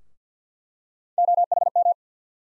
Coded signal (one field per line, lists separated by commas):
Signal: Morse code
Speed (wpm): 48 wpm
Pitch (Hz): 700 Hz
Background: none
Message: OHM